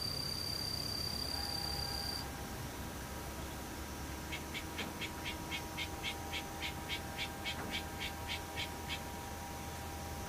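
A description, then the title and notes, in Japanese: Daytime insects fill the air with steady, thin buzzing tones, one high whine dropping out after about two seconds. From around four seconds a bright chirping call repeats regularly, roughly twice a second, until near nine seconds, over a constant low rumble. ムシ昼。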